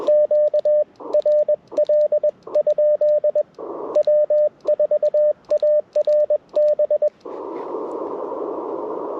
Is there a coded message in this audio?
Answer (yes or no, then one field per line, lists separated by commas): yes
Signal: Morse code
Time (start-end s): 0.1-7.1 s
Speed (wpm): 21 wpm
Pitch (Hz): 600 Hz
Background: radio noise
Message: QRL? W4ARB